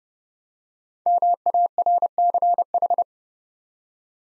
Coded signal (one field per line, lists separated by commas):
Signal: Morse code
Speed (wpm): 28 wpm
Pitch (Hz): 700 Hz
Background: none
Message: MARCH